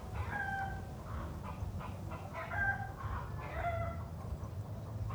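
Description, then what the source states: Chickens giving a few clucks and cackles over a continuous low hum. Hens cackling in the city.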